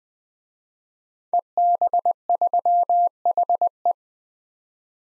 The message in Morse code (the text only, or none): EB3HE